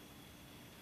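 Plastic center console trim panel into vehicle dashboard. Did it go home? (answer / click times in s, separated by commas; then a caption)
no / none. A plastic center console trim panel is being handled at the dashboard of a 2006 Nissan Quest minivan during a shift solenoid job, before being pushed in so its retaining clips lock. Only steady broadband noise with a faint low rumble is heard, with no sharp transients. Nothing has seated or clicked yet.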